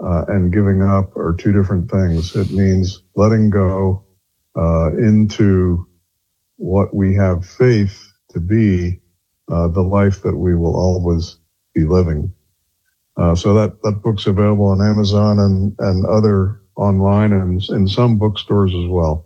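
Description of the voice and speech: A low-pitched adult man speaks fluently in a calm, measured monologue, with steady voicing and natural pauses between phrases. The voice is clear, with no hoarseness, slurring or repetitions: ordinary adult speech in a quiet room.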